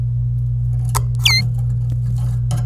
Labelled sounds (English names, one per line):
Domestic Canary song